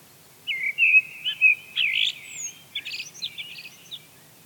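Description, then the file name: Eurasian blackbird song: a low, rich fluted warble that breaks into a rapid, high, scratchy twittering flourish. "Turdus merula"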